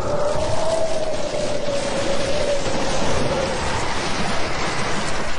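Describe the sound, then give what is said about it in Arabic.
Steady, dense rain hisses without pause across the whole stretch, with a thin sustained tone gliding slowly downward through the first half. No one speaks. “اما معتي، هو في حد بيصلي في المطر؟”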